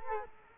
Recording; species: mosquito wingbeat signal from an infrared sensor; Culex quinquefasciatus